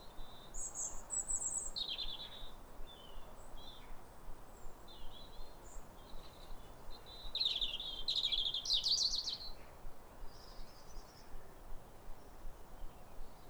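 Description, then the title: European robin song, a run of high, thin warbles and trills building to a louder rapid phrase, then quieter notes, over steady hiss. Pair of robins in neighbouring gardens singing as if duetting, clear calm rosy sunrise after weeks of rain, New Year, winter, welcoming the early sun. "Sound Escape 150: Be uplifted by a chorus of New Year's robins"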